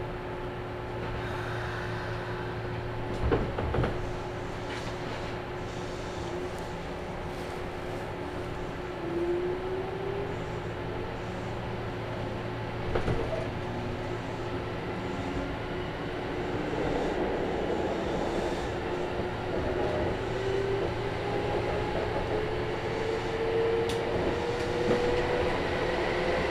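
Aboard a Kintetsu train, a steady low rumble with a humming tone carries on, broken by sharp clunks near 3 and 13 seconds and rising whine later.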